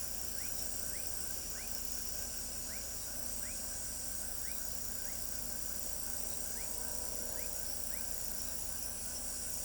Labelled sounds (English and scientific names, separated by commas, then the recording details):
none
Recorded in pastures near Pivijay, Magdalena, Colombia, on 3 June 2023 at 23:30
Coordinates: 10.456, -74.369
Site P6-G026